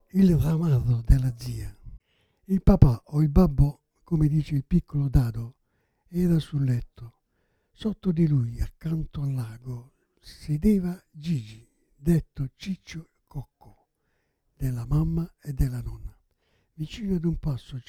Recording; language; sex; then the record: read passage; Italian; male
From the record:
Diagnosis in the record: Parkinson's disease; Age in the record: 77 years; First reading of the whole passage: 65 s, 8.0 characters per second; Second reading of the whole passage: 61 s, 8.5 characters per second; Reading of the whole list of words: 50 s, 5.6 characters per second